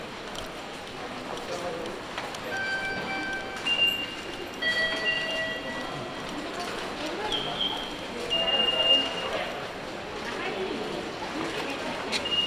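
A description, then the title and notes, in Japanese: A train ride on the Izuhakone Railway toward Mishima, with a steady rumble and murmur of voices throughout. Clear tones ring out from about 2.5 to 6 seconds and again near 8 to 9 seconds, over a busy mix of mid and high noise. 伊豆箱根鉄道 大場→三島 東海道本線 三島→沼津。大場までくると日が西に傾きはじめて予想以上に冷えてきました。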